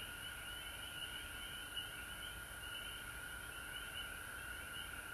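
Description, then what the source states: Frogs calling in a dense, unbroken chorus, a steady high trilling band with a lower droning tone beneath. Frogs recorded at home in Georgia on March 19, 2020.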